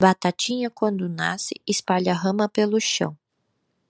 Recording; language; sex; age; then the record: short text; Brazilian Portuguese; female; 20 to 29 years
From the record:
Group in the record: control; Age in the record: 29 years